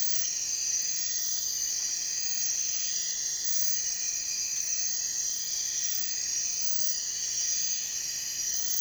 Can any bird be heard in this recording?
no